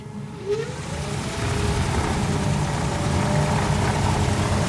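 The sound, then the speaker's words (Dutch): An electric aircraft's motor and propeller are started from the cockpit and spin up: a rising whine sweeps upward before a broad, steady whirring roar fills in and grows slightly louder, with no voices over it. “Kun je even horen hoe dat klinkt, een elektrisch vliegtuig?”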